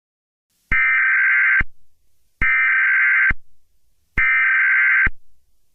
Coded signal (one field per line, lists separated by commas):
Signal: Emergency Alert System (SAME) tones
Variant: header bursts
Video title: EAS Scenario: the Plane Crash (VALID EAS TONES)